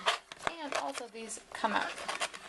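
Small plastic baby food cups are handled in their storage tray while someone talks, with brief sharp plastic knocks near 0.3 and 0.5 seconds. The clip ends before a cup goes back into the tray, so nothing has snapped into place yet.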